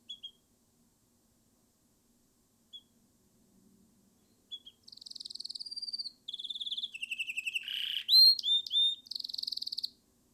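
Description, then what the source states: Canary song opening with a few isolated short chirps, then launching into rapid high trills and buzzy rolls that change pattern every second or so. Recorded with Sennheiser ME 66 / LME 67.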